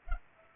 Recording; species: mosquito wingbeat signal from an infrared sensor; Culex pipiens